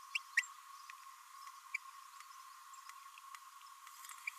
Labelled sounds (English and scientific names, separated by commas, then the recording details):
Green-rumped Parrotlet (Forpus passerinus) babbling
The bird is a female
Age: 26 days
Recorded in a nest box in Venezuela
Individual 17B32A7